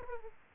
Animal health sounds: mosquito wingbeat signal from an infrared sensor; Aedes aegypti

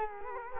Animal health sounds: mosquito wingbeat signal from an infrared sensor; Culex quinquefasciatus

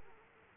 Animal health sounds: mosquito wingbeat signal from an infrared sensor; Culex quinquefasciatus

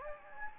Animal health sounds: mosquito wingbeat signal from an infrared sensor; Anopheles gambiae

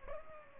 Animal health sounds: mosquito wingbeat signal from an infrared sensor; Culex pipiens

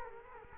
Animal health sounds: mosquito wingbeat signal from an infrared sensor; Culex quinquefasciatus

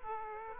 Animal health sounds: mosquito wingbeat signal from an infrared sensor; Aedes aegypti

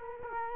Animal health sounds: mosquito wingbeat signal from an infrared sensor; Culex quinquefasciatus

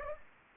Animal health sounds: mosquito wingbeat signal from an infrared sensor; Anopheles gambiae

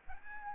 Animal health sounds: mosquito wingbeat signal from an infrared sensor; Aedes albopictus

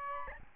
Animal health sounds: mosquito wingbeat signal from an infrared sensor; Aedes albopictus

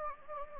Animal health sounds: mosquito wingbeat signal from an infrared sensor; Anopheles gambiae

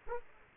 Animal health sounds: mosquito wingbeat signal from an infrared sensor; Aedes aegypti

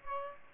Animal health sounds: mosquito wingbeat signal from an infrared sensor; Aedes aegypti

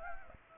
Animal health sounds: mosquito wingbeat signal from an infrared sensor; Anopheles gambiae

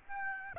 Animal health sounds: mosquito wingbeat signal from an infrared sensor; Aedes aegypti

